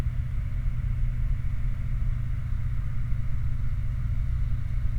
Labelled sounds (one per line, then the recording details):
vehicle
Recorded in the Prudhoe Bay oil fields, Alaska, on 29 July 2019 at 00:25
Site 29